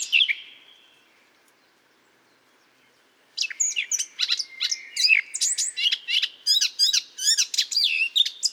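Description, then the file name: Eurasian blackcap gives one drawn-out note, then a silent pause before a rapid, chattering burst of sharp chirps and warbles. "Sylvia atricapilla"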